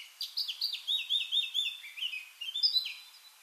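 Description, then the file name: Eurasian blackcap song, a steady stream of quick, sliding whistled notes that rise and fall, with no break. "Sylvia atricapilla"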